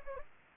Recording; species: mosquito wingbeat signal from an infrared sensor; Anopheles gambiae